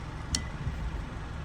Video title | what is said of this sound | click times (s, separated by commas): How to Replace Front Windshield Wiper Blades on a 2017-2022 Honda CR-V - Quick & Easy DIY | Same as the driver's side, you just push it in, and as soon as you hear a click, that's how you know it's in. | 0.3 s